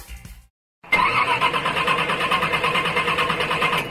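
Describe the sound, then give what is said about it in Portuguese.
A car engine abruptly catches after a brief silence, then settles into a loud, steady rumble with a fast rhythmic pulse. No one speaks. “Amiga, o seu carro está precisando de uma revisão.”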